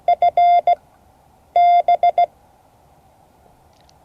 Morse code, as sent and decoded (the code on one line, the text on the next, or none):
..-. -...
FB